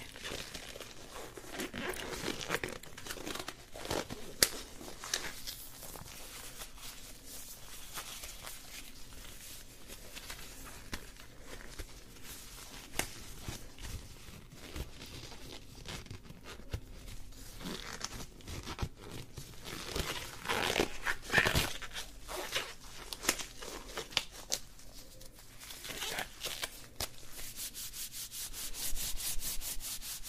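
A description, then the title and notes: Hair brushing and scalp rubbing, a dense run of scratchy, bristly strokes that continues without pause. Some strokes come out brighter and crisper, with a sharp tick near the 4-second mark and a louder swipe around 21 seconds, over a faint low hum. ASMR School Nurse Lice Check. Writing sounds, light tapping, hair brushing, hair combing, scalp plucking and picking, parting your hair, hair play, lid sounds, water spray sounds, scalp massage with hair oil. Hair Brushing, Scalp Massage, Oil Treatment.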